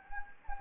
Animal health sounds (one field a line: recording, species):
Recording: mosquito wingbeat signal from an infrared sensor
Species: Anopheles gambiae